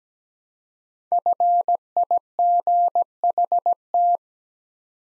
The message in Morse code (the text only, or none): FIGHT